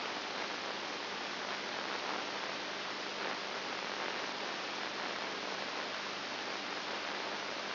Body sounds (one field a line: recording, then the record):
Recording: brain microelectrode recording played as sound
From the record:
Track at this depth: inside the subthalamic nucleus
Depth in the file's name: 5.5 mm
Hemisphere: right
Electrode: 2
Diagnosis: Parkinson's disease